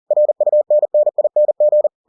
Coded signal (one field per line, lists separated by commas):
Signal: Morse code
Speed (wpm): 40 wpm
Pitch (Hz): 600 Hz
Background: none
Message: RUNNING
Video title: The Martian by Andy Weir in Morse code - 40WPM - Chapter 10